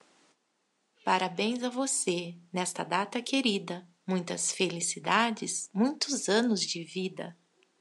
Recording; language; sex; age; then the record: short text; Brazilian Portuguese; female; 40 to 49 years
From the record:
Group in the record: control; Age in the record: 46 years